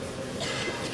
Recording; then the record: coughing mixed with background sound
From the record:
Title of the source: 55 gaggy wet cough